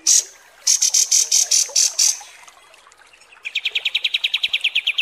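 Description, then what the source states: Kapas tembak song: a string of loud shrill pulsed notes, a pause, then a quick even rattle. Masteran training recording of kapas tembak song.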